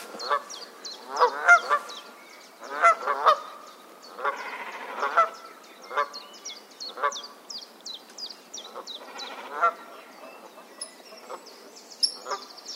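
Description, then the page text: Canada goose honks in irregular clusters, loud at first then sparser and softer, while high chirping calls continue in the background. "Herman van der Meer - Канадская казарка (Branta canadensis)"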